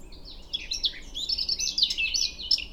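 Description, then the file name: Eurasian blackcap singing a continuous jumble of high scratchy and whistled notes over a steady hiss of background noise. "Sylvia atricapilla"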